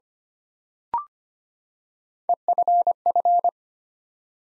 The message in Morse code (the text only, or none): EFF